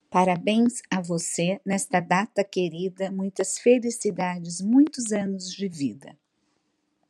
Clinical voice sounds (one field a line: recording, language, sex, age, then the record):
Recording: short text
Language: Brazilian Portuguese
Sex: female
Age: 50 to 59 years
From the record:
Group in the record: control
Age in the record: 56 years